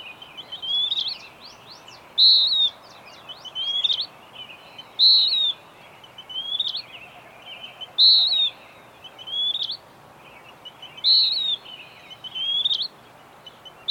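Bird song: short bright whistled phrases alternating with lower rising sweeps, repeated many times over steady hiss.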